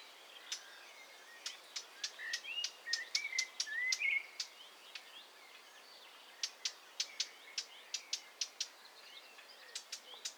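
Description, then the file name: Eurasian blackcap ticking in sharp clicks, first in a quick burst with faint whistled notes, then a pause and another run of hard ticks. "Sylvia atricapilla"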